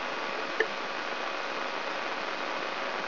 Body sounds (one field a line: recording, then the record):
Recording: brain microelectrode recording played as sound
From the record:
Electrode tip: inside the subthalamic nucleus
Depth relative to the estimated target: 2.5 mm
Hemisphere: right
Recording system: AlphaMap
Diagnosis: Parkinson's disease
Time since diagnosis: 23 years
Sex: male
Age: 65 years